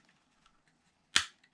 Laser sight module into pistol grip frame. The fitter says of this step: it snaps right into place there